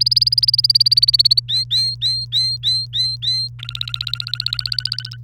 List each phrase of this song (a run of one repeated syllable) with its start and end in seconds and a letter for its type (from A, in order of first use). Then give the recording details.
0.00-1.40 A, 1.48-3.48 B, 3.59-5.17 C. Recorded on 30 April 2018 at 05:52. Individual llb3